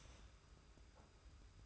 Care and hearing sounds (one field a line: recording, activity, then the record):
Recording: daily activity, microphone in the room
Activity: start toaster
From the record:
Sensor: 2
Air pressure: 991.5 hPa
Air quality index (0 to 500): 188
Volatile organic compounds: 1000 ppm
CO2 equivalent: 6146 ppm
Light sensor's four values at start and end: 32/97/38/36 and 32/97/38/36